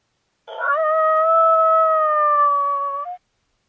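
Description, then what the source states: Coyote howl: one long, steady, tonal note lasting nearly three seconds, rising slightly at the very end, with no other sounds. Described as a mate call.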